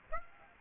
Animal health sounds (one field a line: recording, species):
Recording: mosquito wingbeat signal from an infrared sensor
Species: Aedes aegypti